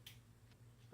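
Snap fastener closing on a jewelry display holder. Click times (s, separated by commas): 0.1 s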